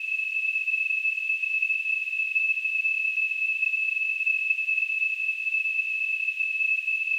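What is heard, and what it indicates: A steady, high-pitched ringing tone with a soft hiss around it runs unbroken for about seven seconds, with no speech or other sounds. It is a simulation of tinnitus, the constant ringing some people hear in their ears.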